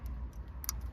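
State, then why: Seated. A female spade connector on the black ground wire is pushed onto the metal tab on the back of an aftermarket stereo being installed in a 1997–2001 Dodge Ram Diesel truck. Over a steady low rumble, two sharp, bright clicks sound at 0.6 s and 0.7 s. The connector is seated on the ground tab.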